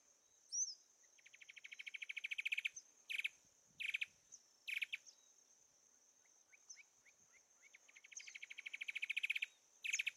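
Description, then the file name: Sincora antwren singing fast series of notes that swell in loudness, with short note bursts between series and a steady high insect whine behind. "canto do papa formiga do sincora"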